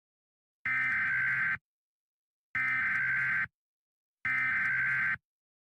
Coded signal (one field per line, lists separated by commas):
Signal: Emergency Alert System (SAME) tones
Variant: header bursts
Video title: EAS Scenario: The return of Elvis Aaron Presley